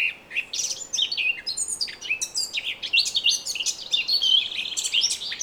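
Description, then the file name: Eurasian blackcap singing a continuous, lively warble of rapid, varied notes, mixing harsh chatter with clear whistles. "Sylvia atricapilla"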